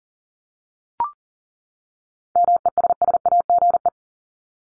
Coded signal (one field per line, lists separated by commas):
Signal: Morse code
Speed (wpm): 37 wpm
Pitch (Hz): 700 Hz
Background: none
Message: MESSAGE